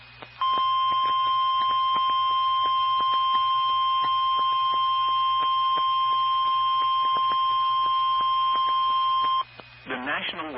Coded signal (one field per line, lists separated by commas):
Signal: Emergency Alert System (SAME) tones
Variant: 1050 Hz attention tone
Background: speech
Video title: EAS #781-810 (6/18 & 6/19/21)